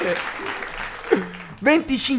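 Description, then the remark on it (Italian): A burst of recorded applause, a steady crackle of clapping that runs under a man's voice speaking over it. “Metti un applauso subito.”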